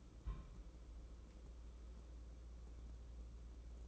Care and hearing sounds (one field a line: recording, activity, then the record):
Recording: daily activity, microphone in the room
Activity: place on stove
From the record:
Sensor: 1